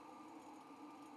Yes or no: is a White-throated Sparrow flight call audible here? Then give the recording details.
no. No flight call is heard. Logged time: 10:37 on 5 December 2014